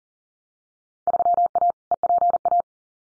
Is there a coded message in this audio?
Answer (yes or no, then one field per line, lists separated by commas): yes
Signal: Morse code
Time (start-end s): 1.1-2.6 s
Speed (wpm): 41 wpm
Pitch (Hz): 700 Hz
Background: none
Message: 3A EPA